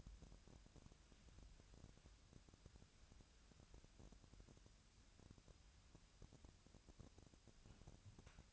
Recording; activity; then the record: daily activity, microphone in the room; wipe stove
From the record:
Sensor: 2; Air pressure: 1006.9 hPa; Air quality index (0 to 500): 198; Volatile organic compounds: 13 ppm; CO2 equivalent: 2424 ppm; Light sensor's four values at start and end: 9/23/9/10 and 9/23/9/9